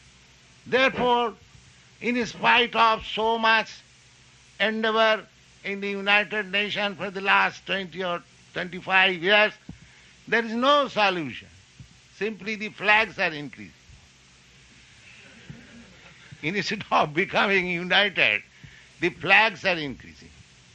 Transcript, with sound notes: Therefore in spite of so much endeavor in the United Nation for the last twenty or twenty-five years, there is no solution; simply the flags are increasing. [laughter]
Instead of becoming united, the flags are increasing.